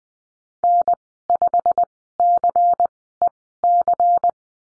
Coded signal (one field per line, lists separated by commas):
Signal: Morse code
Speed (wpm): 20 wpm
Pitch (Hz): 700 Hz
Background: none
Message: N5CEC